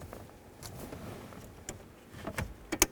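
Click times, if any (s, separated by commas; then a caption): 2.8 s. A black plastic connector on the green and black wire of a combination switch is pushed into the wiring harness connector by the steering column of a 1994–2004 Chevy S-10. Faint rustling and small handling knocks lead up to a sharp click at 2.8 s as the connector seats, followed by a tug to confirm it is secured. No one talks.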